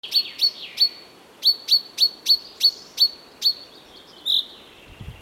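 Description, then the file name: Common chaffinch calls: sharp, metallic high 'pink' notes repeated in quick succession, about ten in all, then a softer note. "Fringilla coelebs"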